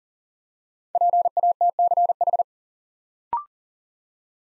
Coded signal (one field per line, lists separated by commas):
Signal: Morse code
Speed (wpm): 38 wpm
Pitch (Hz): 700 Hz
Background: none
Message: PATCH